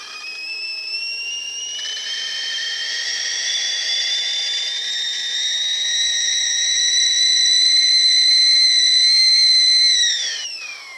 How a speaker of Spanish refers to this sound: Para ello tenemos una ayuda visual, la famosa válvula de presión, que si tenemos una olla antigua en casa es como una pesa que silba y gira muy rápido. Un giro que nos indica la presión interior. Más velocidad de giro, más presión interior.